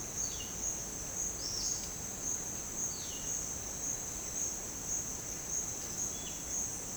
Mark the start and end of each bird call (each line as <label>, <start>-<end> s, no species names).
bird call, 0.17-0.52 s
bird call, 1.33-1.79 s
bird call, 2.89-3.28 s
bird call, 6.08-6.32 s